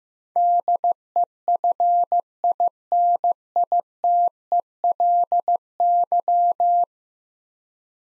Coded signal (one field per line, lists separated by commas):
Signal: Morse code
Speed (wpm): 15 wpm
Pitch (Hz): 700 Hz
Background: none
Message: DEFINITELY